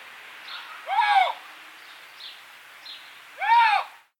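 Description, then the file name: Eurasian lynx calls: two short, harsh, arched yowls about two and a half seconds apart, with fainter softer notes between them. Eurasian lynx giving a call series. "Luchs Rufreihe. Tierstimmenarchiv"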